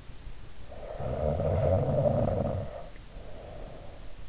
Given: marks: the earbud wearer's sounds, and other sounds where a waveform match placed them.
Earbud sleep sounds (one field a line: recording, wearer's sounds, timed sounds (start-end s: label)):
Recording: sounds in sleep by an in-ear microphone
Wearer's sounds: snoring breath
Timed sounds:
0.56-4.22 s: snoring breath